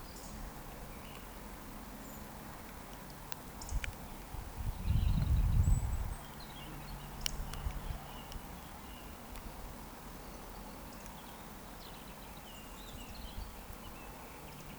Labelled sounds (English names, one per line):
Eurasian Woodcock whistle